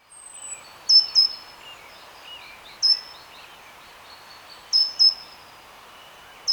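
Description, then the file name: Great tit calls, paired and single shrill notes with drooping tails, scattered throughout over faint twittering in the background. "Parus major"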